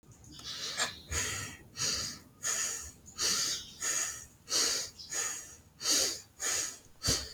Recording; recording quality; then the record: shallow breathing; excellent, no background noise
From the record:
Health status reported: healthy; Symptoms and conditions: diabetes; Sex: male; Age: 67 years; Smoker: not ticked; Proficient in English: yes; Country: India